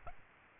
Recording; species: mosquito wingbeat signal from an infrared sensor; Aedes albopictus